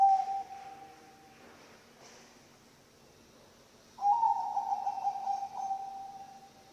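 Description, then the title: Zebra dove coos: the tail of one phrase opens, then a quiet pause, then a fresh pulsing, stuttered cooing phrase begins after four seconds. Bangkok-type zebra dove (perkutut) song, used for training other birds (masteran) and as a lure (pancingan). "mster Mnuk. SUARA OCEHAN BURUNG PERKUTUT BANGKOK Untuk MASTERAN dan PANCINGAN"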